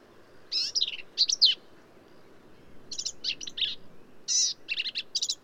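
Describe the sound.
Black-capped vireo song: several close-set bursts of rapid, varied high notes, some scratchy, some squeaky and slurred.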